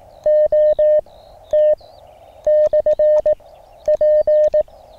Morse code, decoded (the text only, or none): OT/P